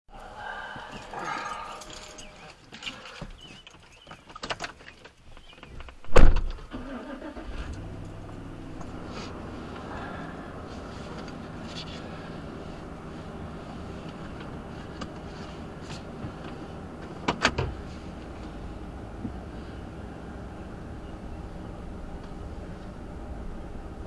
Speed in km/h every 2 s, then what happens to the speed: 0, 0, 0, 0, 0, 0, 0, 0, 0, 0, 0, 0.
0-24 standing.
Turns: none.